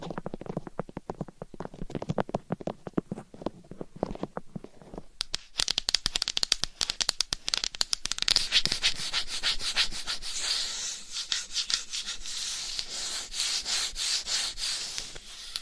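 Scratching and tapping with nails on items, starting as quick, dense taps and clicks with a fuller, lower tone for about five seconds. Then it turns to brighter, crackly scratching that grows into a steady, hissy rubbing texture for the rest.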